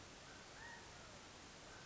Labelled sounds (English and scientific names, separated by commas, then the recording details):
California Quail (Callipepla californica)
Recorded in Sonoma County, California